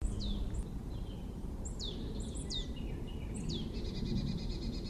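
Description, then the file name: Marsh tit giving repeated sharp, high downslurred 'pitchou'-like notes in quick pairs, ending with a fast buzzy chatter, against constant low-pitched background rumble. "Poecile palustris"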